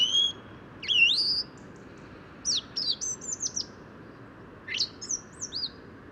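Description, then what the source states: Song thrush song of varied loud whistles, rising slurs and quick chirped phrases, separated by short pauses against a soft background hiss. Wild bird recorded at daybreak, just before 8 am, 1 January 2018, Bois de Vincennes, during New Year bird count, mild weather of storm Carmen; parabolic microphone; recordist's first songbird of the year.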